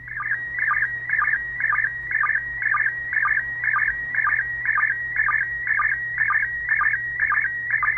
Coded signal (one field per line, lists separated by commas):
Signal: SSTV (slow-scan television)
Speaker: this one's gonna be beautiful [Music] the scanner cool you know your decoding a single and it comes from space so I'm gonna stop talking because if you guys want to decode it you'll be able to